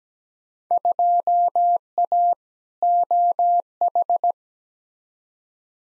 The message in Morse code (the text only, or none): 2A OH